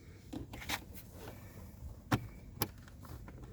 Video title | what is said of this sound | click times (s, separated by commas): Toyota Rav4 Cabin Filter Replacement (How To) | then when you hear it click that's in | 2.1 s, 2.6 s